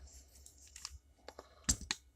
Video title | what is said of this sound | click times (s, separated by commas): Transformers Studio Series Scrapmetal Review | that'll keep that locked into place there | 1.7 s, 1.9 s